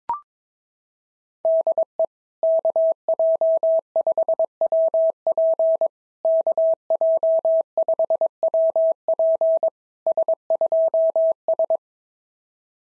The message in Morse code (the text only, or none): DE KJ5WP KJ5WP S2S